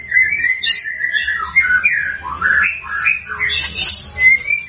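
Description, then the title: White-rumped shama song, clear fluty whistled phrases sliding up and down in a continuous, varied stream. White-rumped shama singing prolifically (gacor), used as a lure to make other birds respond. "PANCINGAN MURAI BATU GACOR, LANGSUNG RESPON"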